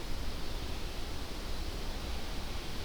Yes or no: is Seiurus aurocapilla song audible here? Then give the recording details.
no. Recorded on 25 June 2016 at 08:13. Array SBT-6-76